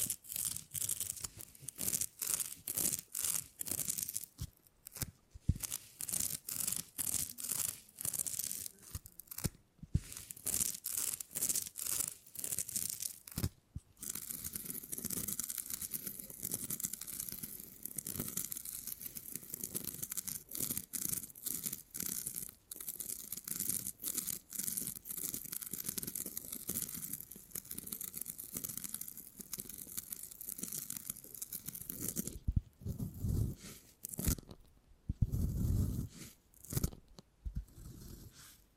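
Beeswax is worked with sticky, crackling, tearing sounds that run almost without pause, dense and bright with fine grainy detail. Brief silent gaps break the texture near 5, 10 and 14 seconds, and heavier, duller pressing sounds come around 32 to 36 seconds.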